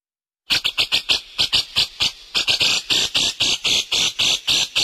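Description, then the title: Sunbird song: a fast, steady run of sharp, high chirps, about four per second, briefly softening midway before resuming loudly. Master song for training cage birds; described as melodious, clear and loud. "Suara Kolibri Ninja MERDU, JELAS DAN LANTANG"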